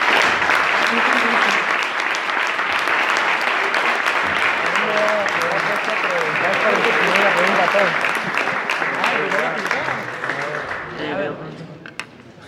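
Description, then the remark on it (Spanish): Loud, sustained applause from an audience bidding farewell to a priest after his talk, a dense wash of clapping that holds steady for about ten seconds before thinning out, with faint voices murmuring underneath. “Despedimos al Padre con un fuerte aplauso.”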